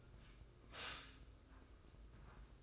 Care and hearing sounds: daily activity, microphone in the room; stop toaster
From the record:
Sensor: 2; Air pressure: 995.1 hPa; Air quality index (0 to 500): 56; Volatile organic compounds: 1 ppm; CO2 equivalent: 913 ppm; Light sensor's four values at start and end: 16/52/20/19 and 16/51/20/19

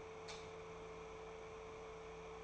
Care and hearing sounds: daily activity, microphone in the room; light off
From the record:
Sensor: 1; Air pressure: 1014.8 hPa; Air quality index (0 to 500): 187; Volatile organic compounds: 19 ppm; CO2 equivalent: 2654 ppm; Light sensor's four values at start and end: 10/25/10/11 and 10/25/10/11

